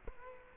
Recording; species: mosquito wingbeat signal from an infrared sensor; Culex quinquefasciatus